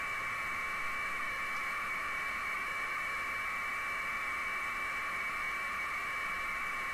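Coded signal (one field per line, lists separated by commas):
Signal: packet radio (AX.25, as in APRS)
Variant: 1200 baud AFSK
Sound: steady harsh warbling data tone between two pitches, unbroken for seven seconds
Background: faint hiss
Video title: A SIMPLE TEST, TCP/IP OVER AX.25 link between 2 laptops.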